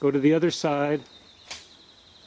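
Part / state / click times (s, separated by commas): ridge support joint onto canopy ridge pole / seated / 1.5 s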